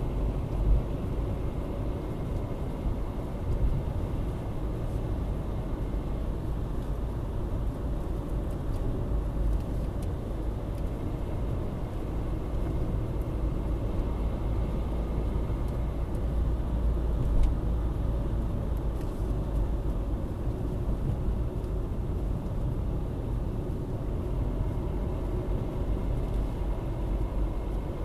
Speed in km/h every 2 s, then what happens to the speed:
53, 54, 54, 55, 53, 54, 56, 59, 59, 59, 49, 44, 43, 46.
0-18 steady at about 54. 18-24 slows to 43.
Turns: none.